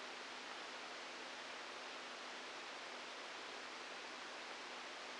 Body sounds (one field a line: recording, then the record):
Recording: brain microelectrode recording played as sound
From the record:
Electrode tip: outside the subthalamic nucleus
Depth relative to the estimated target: 3 mm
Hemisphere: left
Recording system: NeuroSet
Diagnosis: Parkinson's disease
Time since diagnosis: 12 years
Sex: male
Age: 61 years